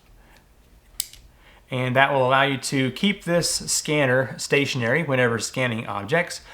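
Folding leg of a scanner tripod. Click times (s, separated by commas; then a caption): 1.0 s. A folding leg on the heavy tripod of an Einstar VEGA 3D scanner is swung out and locks open with a sharp click at 1.0 s, followed by a faint second tick. Someone then talks. The leg is seated in position.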